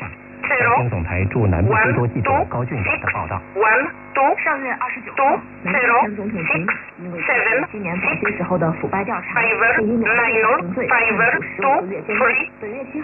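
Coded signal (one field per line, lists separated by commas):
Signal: numbers station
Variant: E11 Oblique, English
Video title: 14 07 2021 Number station E11 Oblique in English to Eu 0646 on 15800 unknown tx site in USB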